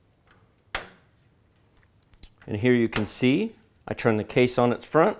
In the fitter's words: goes from the inside of the case out and it simply snaps into place and here